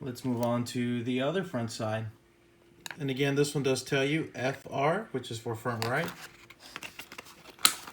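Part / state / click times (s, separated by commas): plastic inner fender onto RC crawler chassis / seated / 7.7 s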